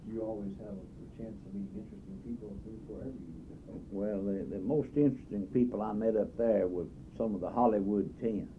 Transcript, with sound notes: You always have a chance of meeting interesting people I believe wherever you go. [laughs]
Well, the, the most interesting people I met up there were some of the Hollywood Ten,